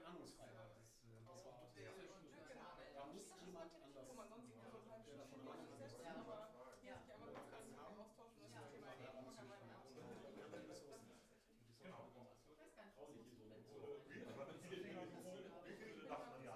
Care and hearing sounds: everyday scene through a hearing-aid microphone; many people talking; many voices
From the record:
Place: bistro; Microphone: behind the ear, right, front

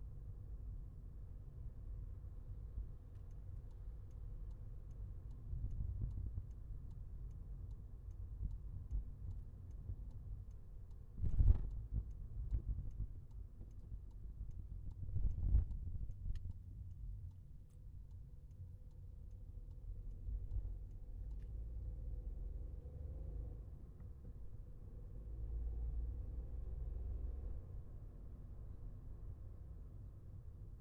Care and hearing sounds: everyday scene through a hearing-aid microphone; in a vehicle; engine, highway traffic jam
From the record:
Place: Skoda Fabia, gasoline engine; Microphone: behind the ear, left, rear

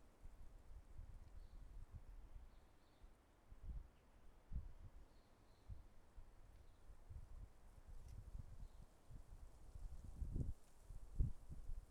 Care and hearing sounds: everyday scene through a hearing-aid microphone; wind on the microphone; wind, traffic, birds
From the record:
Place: suburban garden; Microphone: behind the ear, left, rear

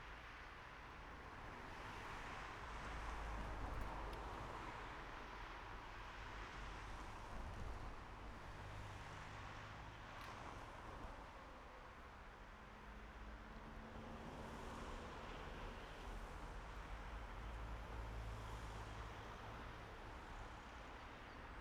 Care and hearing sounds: everyday scene through a hearing-aid microphone; in traffic; traffic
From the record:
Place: main road on the outskirts, rush hour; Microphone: behind the ear, right, front

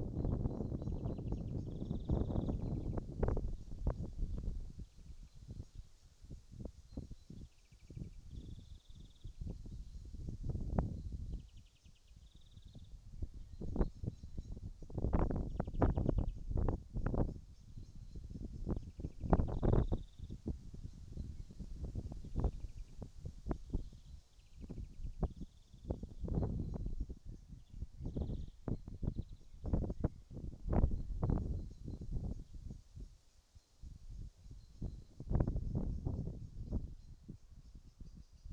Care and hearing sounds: everyday scene through a hearing-aid microphone; wind on the microphone; wind, birds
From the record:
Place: in front of a rural house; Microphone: in the ear canal, right

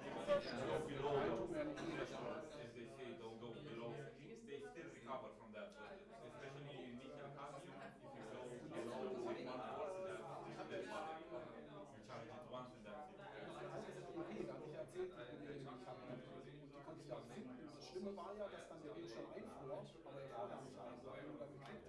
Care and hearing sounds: everyday scene through a hearing-aid microphone; many people talking; many voices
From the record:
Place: bistro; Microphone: behind the ear, right, front

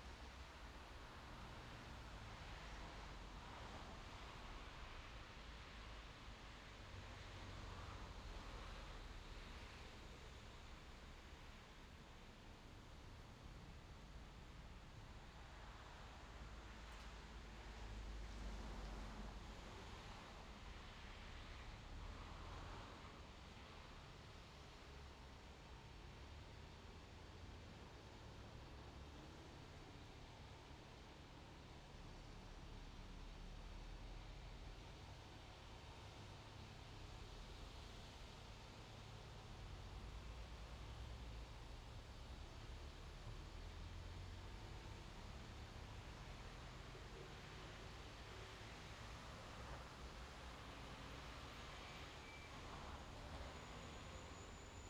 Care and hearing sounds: everyday scene through a hearing-aid microphone; in traffic; traffic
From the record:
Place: main road on the outskirts, rush hour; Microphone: in the ear canal, left

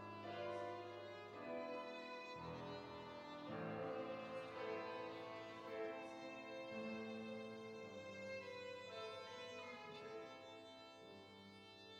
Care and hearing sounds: everyday scene through a hearing-aid microphone; reverberant space; music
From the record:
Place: church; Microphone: in the ear canal, right

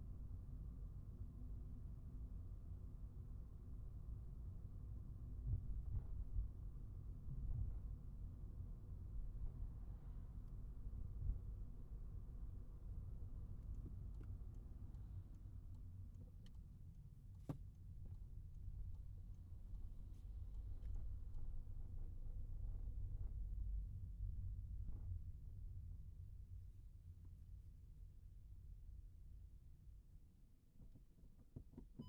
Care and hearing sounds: everyday scene through a hearing-aid microphone; in a vehicle; engine, rumble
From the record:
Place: Skoda Fabia, gasoline engine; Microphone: behind the ear, right, rear

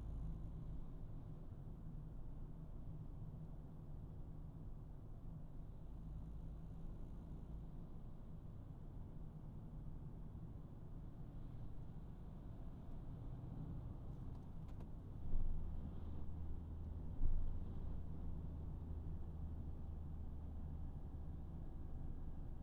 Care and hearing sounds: everyday scene through a hearing-aid microphone; in a vehicle; engine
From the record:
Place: Berlingo II, diesel engine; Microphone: behind the ear, right, rear

